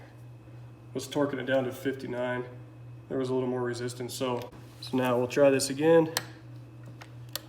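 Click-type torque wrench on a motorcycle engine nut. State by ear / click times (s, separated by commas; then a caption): torque reached / 7.4 s. A click-type torque wrench is pulled on a nut during KX450 motorcycle engine assembly, right after the flywheel nut was re-torqued to 59, while someone talks. After the talk, a few faint ticks come just before the wrench's sharp release click at 7.4 s, which confirms it has reached its torque setting of 15.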